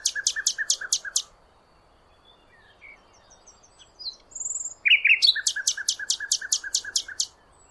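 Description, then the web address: Bird calls: a fast series of about seven crisp, clicking chirps, a pause with scattered soft notes, then a longer rapid run of around ten similar chirps. "Bird Only"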